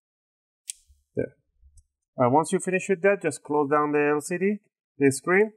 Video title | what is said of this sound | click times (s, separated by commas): Dell Inspiron N5010 💻 Keyboard Replace | you can hear that click there | 0.7 s